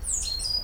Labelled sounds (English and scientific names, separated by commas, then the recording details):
Stitchbird (Notiomystis cincta) song
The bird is a male
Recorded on Tiritiri Matangi Island, New Zealand, in 2005
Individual 12, of nest box 16